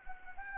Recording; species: mosquito wingbeat signal from an infrared sensor; Anopheles arabiensis